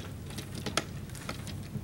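A pronged plastic piece is pushed into its socket on a combining robot toy, with light plastic tapping and scraping before a sharp click at 0.8 s. The prongs snap in and the piece is seated.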